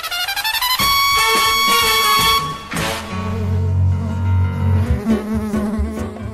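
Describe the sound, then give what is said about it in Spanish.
Bees buzz in flight, a loud, continuous droning hum whose pitch wavers and shifts as they move, with a noticeable change in tone partway through and no voices. “Las abejas son secas, comenzaron a volar, y los niños animados las quisieron atrapar.”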